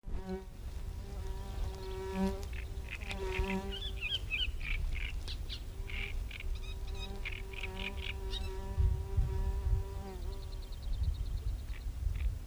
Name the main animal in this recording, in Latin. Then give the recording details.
Acrocephalus arundinaceus. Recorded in the wild. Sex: male. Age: adult. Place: Mönchmühle, Brandenburg, DE. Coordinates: 52.65, 13.395. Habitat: willow bush. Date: 1975-05-11. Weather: slightly overcast. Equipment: Uher CR 210, Sennheiser MD 421, Verstärker, Kopie Uher 4200. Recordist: Tembrock, Günter. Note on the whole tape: Gesang (Weidengebüsch am Bahndamm)